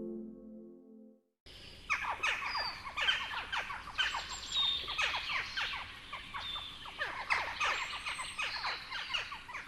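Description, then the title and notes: Western jackdaws calling: a busy stream of short, sharp, squeaky calls tumbling over one another, with a few higher chirps mixed in. "Naakka. Juha Laaksonen"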